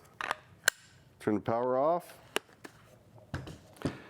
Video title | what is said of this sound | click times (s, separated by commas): Different Water Supply Applications | as soon as you hear the pop you're done | 0.2 s, 0.7 s